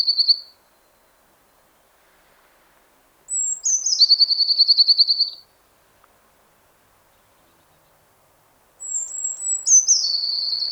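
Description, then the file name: Eurasian blue tit repeating its song, high thin introductory notes followed by a fast, steady trill, heard in three bouts with quiet gaps between. "Cyanistes caeruleus"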